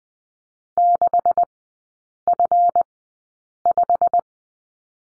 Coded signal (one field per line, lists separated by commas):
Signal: Morse code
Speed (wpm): 21 wpm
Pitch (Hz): 700 Hz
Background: none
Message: 6F5